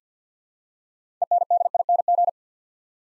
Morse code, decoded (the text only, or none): ENDING